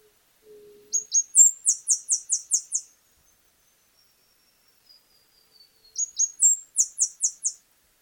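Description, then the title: Saffron-billed sparrow, two bursts of thin high notes, each opening with a couple of slurred notes before a rapid series; a faint low hum is heard briefly at the start. "LuckyPassaro Completos2Sama. Saffron-billed Sparrow (Arremon flavirostris)"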